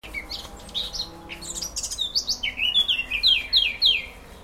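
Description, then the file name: Eurasian blackcap song, a quiet scratchy warble that breaks into loud, clear fluty phrases falling in pitch, repeated several times at the end, over a low rumbling background. "Sylvia atricapilla"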